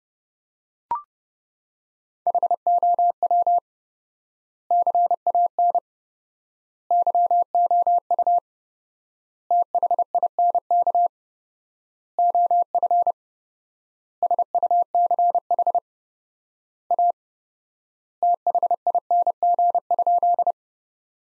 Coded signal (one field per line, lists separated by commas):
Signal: Morse code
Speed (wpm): 32 wpm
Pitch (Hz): 700 Hz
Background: none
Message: HOW CAN YOU THINK OF SUCH A THING?